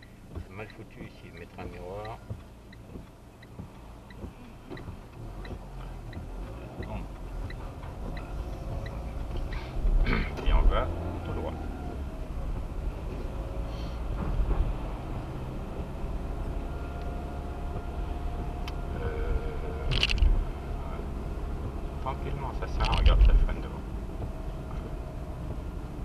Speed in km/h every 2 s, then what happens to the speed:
0, 0, 4, 16, 19, 22, 30, 35, 36, 35, 36, 31, 31.
0-3 standing. 3-14 pulls away to 35. 14-26 steady at about 35.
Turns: none.